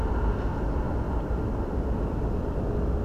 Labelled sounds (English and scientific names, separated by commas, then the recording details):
none
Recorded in France